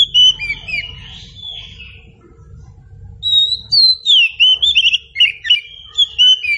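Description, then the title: Oriental Magpie-Robin song: clear whistled phrases with sliding notes and quick chirps, a short burst, a pause, then a longer run of varied notes over a low rumbling background. Presented as an outstanding magpie-robin song, guaranteed to draw an answering response. "Dijamin Nyaut Kacer Istimewah"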